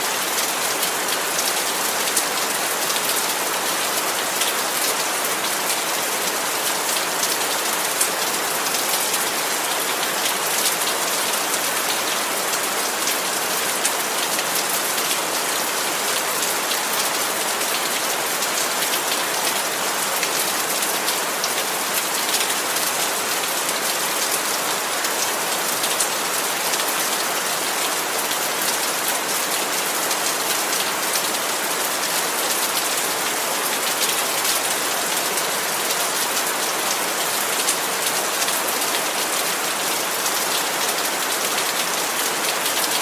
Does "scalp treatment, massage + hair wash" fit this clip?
no